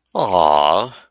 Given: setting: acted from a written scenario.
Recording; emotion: vocal sound without words; awe